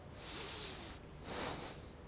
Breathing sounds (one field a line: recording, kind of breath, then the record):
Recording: one breath in and out by a microphone near the nose and mouth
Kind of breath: deep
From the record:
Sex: male